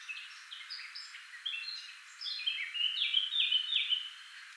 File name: Sylvia atricapilla